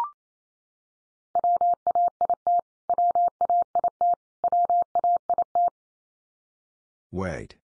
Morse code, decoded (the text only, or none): WAIT WAIT WAIT